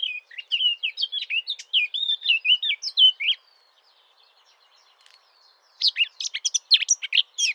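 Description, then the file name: Eurasian blackcap singing a quick babbling warble of varied chirps and slurred whistles, a silent pause, then another hurried, scratchier phrase. "Sylvia atricapilla"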